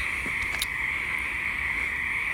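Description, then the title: A chorus of frogs making a continuous high trilling hum, with a couple of faint knocks early on. Frogs back in full force at a pond at Knickerbocker; pond still a little low; frog eggs and tadpoles present. "The Frogs of Knickerbocker"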